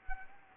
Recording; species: mosquito wingbeat signal from an infrared sensor; Anopheles arabiensis